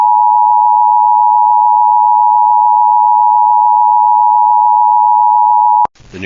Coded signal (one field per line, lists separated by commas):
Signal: Emergency Alert System (SAME) tones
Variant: 853 and 960 Hz attention tone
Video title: My First Ever EAS Test Compilation! EAS Tests From Mid September 2025 (EAS 50-76) READ DESCRIPTION